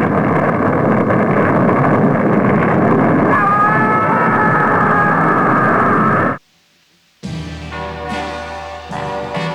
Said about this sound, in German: Und als der Satz kommt, es werde Licht, let there be light, explodiert die Bombe in einem gleißenden Atomblitz.